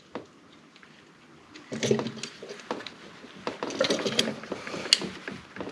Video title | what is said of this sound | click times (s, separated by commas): Below Zero and Subaru Won't Start - Subaru Cold Starting Problem - Man About Home | Can hear that click in? | 4.9 s